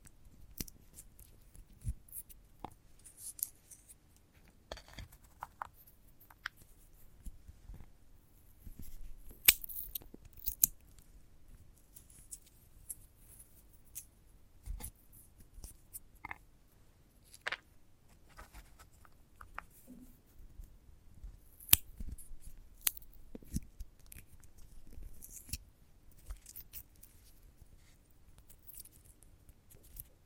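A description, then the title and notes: Crisp, dry crackles and snips from handling a sunflower head come in irregular bursts throughout, some sharp and bright, others soft rustles. Louder snaps land around 9–10, 15 and 22 seconds over a quiet, low rumbling background. ASMR of a Sunflower Head (No Talking).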